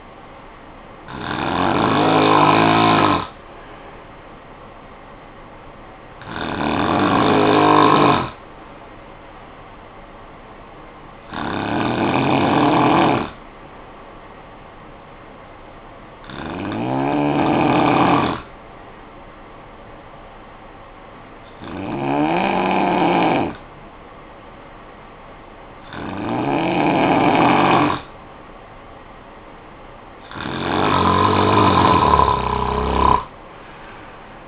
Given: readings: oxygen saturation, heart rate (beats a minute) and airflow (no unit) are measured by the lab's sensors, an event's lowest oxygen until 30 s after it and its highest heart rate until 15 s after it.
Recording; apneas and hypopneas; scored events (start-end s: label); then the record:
breathing in sleep by a voice recorder at the bedside; 1
17.00-30.20 s: hypopnea (N2, oxygen 95% highest, then 91% lowest, heart rate 54 at the start, 69 highest)
From the record:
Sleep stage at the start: N2 (light sleep); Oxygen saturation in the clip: 91 to 95%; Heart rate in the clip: 53 to 63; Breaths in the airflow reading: 7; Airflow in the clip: -16.2 to 6.4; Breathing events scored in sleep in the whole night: 445 in 7.6 hours asleep